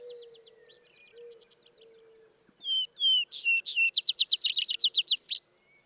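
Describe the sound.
Vesper Sparrow song: soft high chips and low tones give way to two clear whistles, emphatic higher notes and a rapid jumbled trill.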